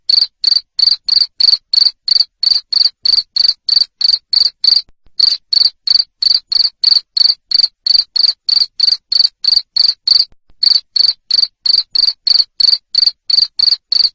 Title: Suara JANGKRIK NGERIK Keras Bikin LOVEBIRD Jadi NGEKEK Terus